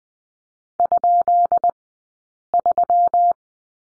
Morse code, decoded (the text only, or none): ?3